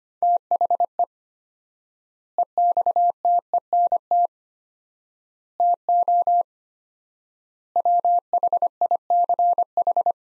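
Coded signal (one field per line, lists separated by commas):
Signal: Morse code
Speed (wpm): 25 wpm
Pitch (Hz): 700 Hz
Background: none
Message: THE EXTENT TO WHICH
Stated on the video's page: Morse practice drill of sets of four words at 25 wpm with 4x word spacing, a Farnsworth-like method.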